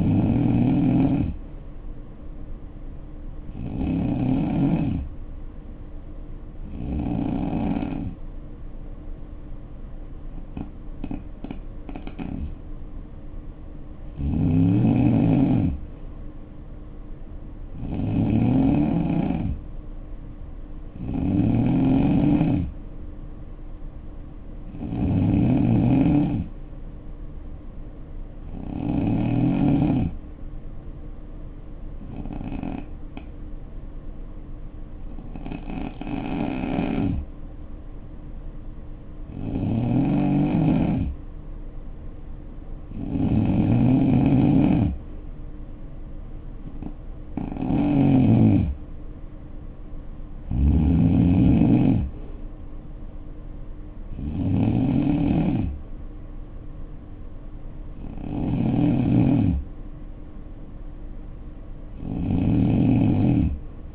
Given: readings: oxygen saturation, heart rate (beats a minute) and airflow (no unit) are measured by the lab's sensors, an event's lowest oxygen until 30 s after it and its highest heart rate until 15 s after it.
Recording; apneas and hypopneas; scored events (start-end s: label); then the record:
breathing in sleep by a smartphone at the bedside; 2
6.00-18.90 s: hypopnea (N2, oxygen 92% highest, then 89% lowest, heart rate 60 at the start, 65 highest)
32.00-45.30 s: hypopnea (N2, oxygen 91% highest, then 86% lowest, heart rate 62 at the start, 70 highest)
54.00-63.95 s: new sleep stage, N3 (deep sleep)
From the record:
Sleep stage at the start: N2 (light sleep); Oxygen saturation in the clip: 86 to 92%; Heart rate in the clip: 58 to 70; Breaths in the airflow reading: 18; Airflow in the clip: -8.7 to 4.6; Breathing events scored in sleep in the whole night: 520 in 7.2 hours asleep